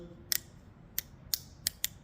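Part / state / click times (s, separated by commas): ratchet flex head in its handle yoke detent / seated / 0.3 s, 1.0 s, 1.3 s, 1.7 s, 1.8 s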